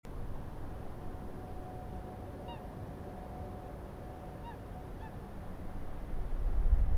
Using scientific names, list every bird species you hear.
Fulica atra